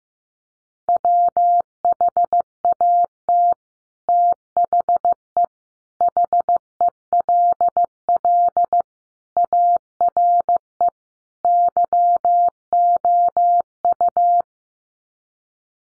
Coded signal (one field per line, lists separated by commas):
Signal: Morse code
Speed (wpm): 15 wpm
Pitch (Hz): 700 Hz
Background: none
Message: WHAT THE HELL ARE YOU